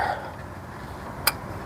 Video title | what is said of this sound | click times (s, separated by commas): 2nd Generation Honda CRV Replaced Transmission Speed Sensors | Okay, it snapped right in. The rear snapped in. No problem. | 1.3 s